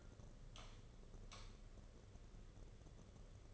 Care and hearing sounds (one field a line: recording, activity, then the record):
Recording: daily activity, microphone in the room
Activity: light on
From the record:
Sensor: 4